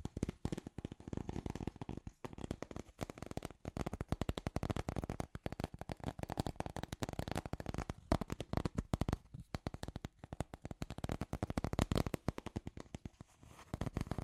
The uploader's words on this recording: ASMR The Trigger You Need for Sleep Scratchy Tapping (No Talking).